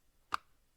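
Someone pushes the lighter gray plastic release on the rear bench seat of a Joovy Qool stroller, freeing it from its brackets on the stroller frame so the seat can be lifted off. A single short, sharp plastic click sounds at 0.4 s against near silence. The bench seat release clicks open and the seat is released.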